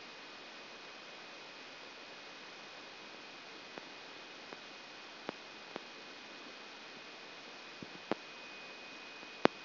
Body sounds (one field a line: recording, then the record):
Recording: brain microelectrode recording played as sound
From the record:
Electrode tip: outside the subthalamic nucleus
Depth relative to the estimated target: -2 mm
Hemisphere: left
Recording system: AlphaMap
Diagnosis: Parkinson's disease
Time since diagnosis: 11 years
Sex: male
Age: 56 years